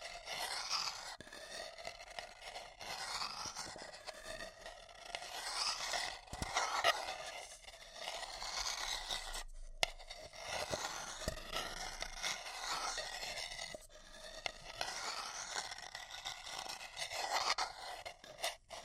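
Paper cup tingles: fingers scratch and rub over a paper cup in continuous, crinkly, papery strokes. The sound swells and eases in slow waves, mostly bright and crisp with little low end, and a few sharper taps and clicks break through, with a brief pause near ten seconds.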